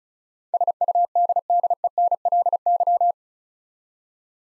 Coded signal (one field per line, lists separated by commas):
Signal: Morse code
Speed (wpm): 34 wpm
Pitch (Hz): 700 Hz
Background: none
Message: SUDDENLY